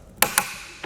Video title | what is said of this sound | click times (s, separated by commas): Installing the Yakima RidgeLine Roof Rack for Flush Rails on your 2015 Jeep Grand Cherokee | and that should give you plenty of clearance so click it twice | 0.2 s, 0.4 s